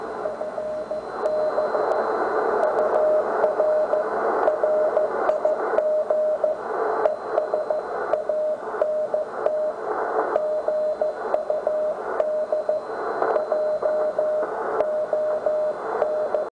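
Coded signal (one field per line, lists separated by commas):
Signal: Morse code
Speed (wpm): 14 wpm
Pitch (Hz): 620 Hz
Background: radio noise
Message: FB UR RIG ES ANT GUD J ON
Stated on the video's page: 80 m CW from amateur stations received on a Ten-Tec QRP transceiver with an Oak Hills Research DD-1 digital dial.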